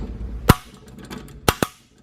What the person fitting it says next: okay there's my three clicks that is a factory torque setting that way you know it's not over or under tightened